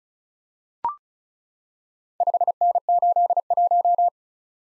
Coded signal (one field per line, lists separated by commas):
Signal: Morse code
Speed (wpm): 36 wpm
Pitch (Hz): 700 Hz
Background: none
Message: 5N81